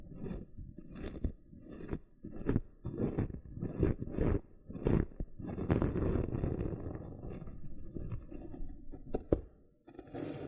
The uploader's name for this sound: Loofah Triggers with Intense Peeling & Popping Sounds